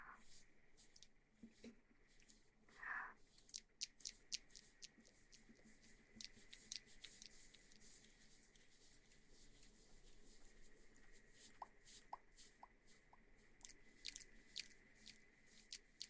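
Crinkly rubbing and tapping near the ear, made of many short crackles and soft squishy pops scattered irregularly throughout, with a louder bump around the third second. A faint steady high whine runs underneath.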